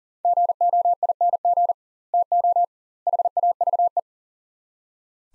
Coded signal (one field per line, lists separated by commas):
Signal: Morse code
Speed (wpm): 40 wpm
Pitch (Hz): 700 Hz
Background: none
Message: GOING TO HAVE